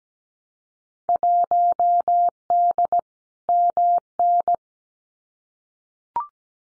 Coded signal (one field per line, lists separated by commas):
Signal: Morse code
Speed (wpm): 17 wpm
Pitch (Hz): 700 Hz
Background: none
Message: 1D MN